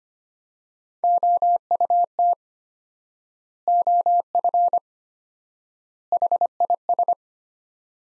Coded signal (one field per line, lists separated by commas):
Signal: Morse code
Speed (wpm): 25 wpm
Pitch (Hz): 700 Hz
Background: none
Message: OUT OF HIS